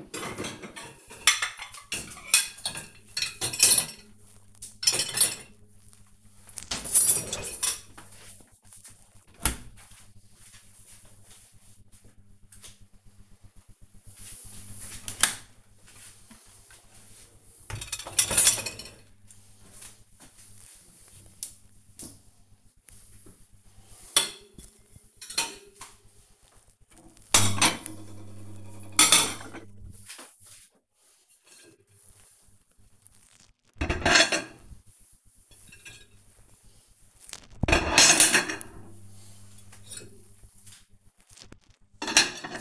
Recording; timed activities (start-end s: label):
household activities, microphone on the right wrist
14.32-42.61 s: cleaning out the dishwasher